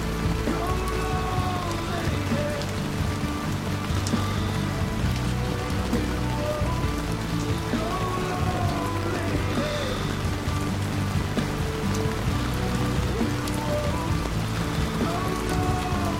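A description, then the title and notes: Rain patters steadily against the tent at an even, dense pace, with a few slightly sharper drops now and then. Soft music from a battery-operated radio runs underneath, its low notes held and overlapping throughout, never rising or falling much. Relax and unwind as you settle in on a rainy autumn evening while camping. The gentle patter of rain against the tent you're curled up. Some light, comforting music from the battery operated radio you happened to bring along.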